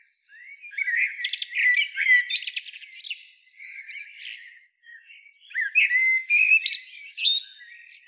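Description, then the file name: Common blackbird song made of dense, squeaky chattering phrases mixed with short whistled notes, in two bursts separated by a short pause. "Turdus merula"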